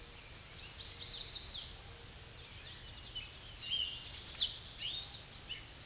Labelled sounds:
Chestnut-sided Warbler (Setophaga pensylvanica) song
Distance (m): 30 m
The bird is about level with the microphone
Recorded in a Pennsylvania forest on 16 May 2024 at 07:42
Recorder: AudioMoth, point MSD-2074
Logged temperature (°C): 16.3 °C
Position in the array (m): 172 m, 177 m

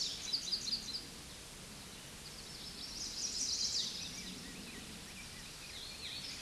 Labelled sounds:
Chestnut-sided Warbler (Setophaga pensylvanica) song
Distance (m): 35 m
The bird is about level with the microphone
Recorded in a Pennsylvania forest on 16 May 2024 at 08:50
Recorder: AudioMoth, point MSD-0690
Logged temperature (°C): 16.0 °C
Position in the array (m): 167 m, 126 m

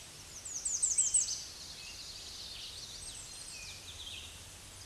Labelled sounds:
American Redstart (Setophaga ruticilla) song
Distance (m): 20 m
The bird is about 10 m above the microphone
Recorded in a Pennsylvania forest on 16 May 2024 at 06:56
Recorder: AudioMoth, point MSD-2345
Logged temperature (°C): 15.5 °C
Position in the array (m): 120 m, 231 m

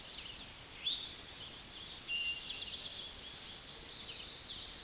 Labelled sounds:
Eastern Towhee (Pipilo erythrophthalmus) song
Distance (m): 20 m
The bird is about level with the microphone
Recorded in a Pennsylvania forest on 16 May 2024 at 06:13
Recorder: AudioMoth, point MSD-2453
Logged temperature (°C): 16.3 °C
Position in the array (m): 189 m, 161 m

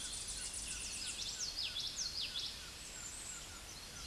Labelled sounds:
Common Yellowthroat (Geothlypis trichas) song
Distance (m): 15 m
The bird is about level with the microphone
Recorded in a Pennsylvania forest on 16 May 2024 at 08:28
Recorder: AudioMoth, point MSD-2039
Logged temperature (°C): 15.0 °C
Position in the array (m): 80 m, 100 m

